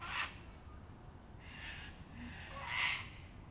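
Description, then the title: Sulphur-crested cockatoo giving a few harsh, raspy screeches. Typical evening in Canberra, April 2020, recorded during lockdown; local cockatoos, said to number 500. "An Evening in Canberra (Feat. 500 Cockies)"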